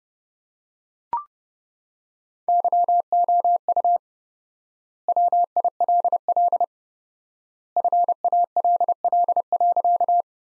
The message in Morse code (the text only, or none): YOU WILL FALL.